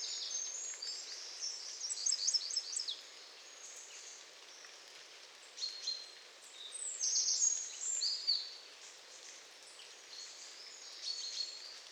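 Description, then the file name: Eurasian wren song: bursts of very high, rapid trills and twittering notes, loudest around two and again near seven to eight seconds, over a steady faint hiss. "Troglodytes troglodytes"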